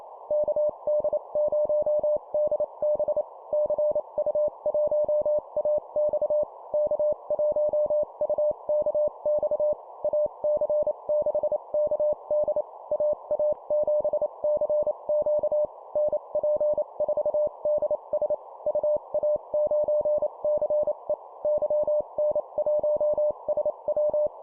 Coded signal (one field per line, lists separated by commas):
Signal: Morse code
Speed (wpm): 28 wpm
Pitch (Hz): 600 Hz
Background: none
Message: KD0DB CU1AX K1UKX AC6KD AA7CQ NP4DS UA9CE YN1SW